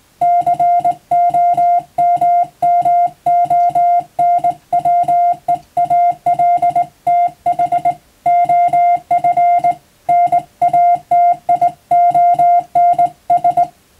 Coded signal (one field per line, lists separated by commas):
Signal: Morse code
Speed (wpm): 20 wpm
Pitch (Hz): 700 Hz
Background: music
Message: COMMONWEALTH OF NATIONS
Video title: 【Radio officer morse practice】This is a Morse code practice video. There is a morse exam in japan.